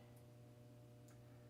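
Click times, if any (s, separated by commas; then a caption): none. Someone pushes a small plastic wire connector into a socket on a flight controller board, but it is upside down and will not go in. Only a steady low hum and two faint, brief ticks near 0.2 s and 1.1 s are heard. The connector has not clicked into place.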